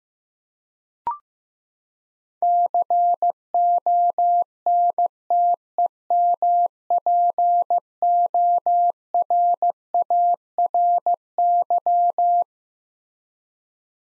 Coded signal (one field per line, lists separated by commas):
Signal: Morse code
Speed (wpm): 15 wpm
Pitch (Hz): 700 Hz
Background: none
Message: CONTEMPORARY